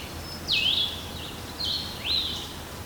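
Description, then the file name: Blue-headed vireo singing three clear slurred phrases, the first dropping then rising, the second a short downslur, the third a short upward-sweeping whistle, separated by brief gaps. Recorded in Garrett, Maryland, on 12 June 2009. "Blue-headed Vireo Garrett MD 20090612"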